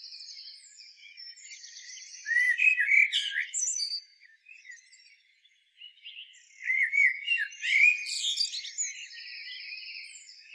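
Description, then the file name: Common blackbird song: two mellow warbled phrases, each breaking into a high squeaky twitter, separated by a short quiet gap. "Turdus merula"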